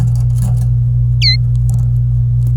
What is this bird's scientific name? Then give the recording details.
Serinus canaria. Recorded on 26 April 2018 at 08:28. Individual llb3